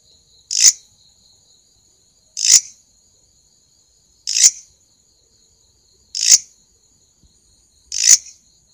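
Grasshopper stridulation: five crisp, scratchy bursts repeated about every two seconds against a steady high-pitched insect whine.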